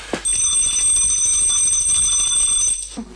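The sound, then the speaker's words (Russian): A small bell, rung to summon a servant to bring a glass of fresh water, rings continuously for about three seconds, a bright, high metallic ringing that holds steady at a fairly loud level before stopping abruptly, with no voices. “Иди, позвони. Позови Кристин, пусть принесет мне стакан свежей воды.”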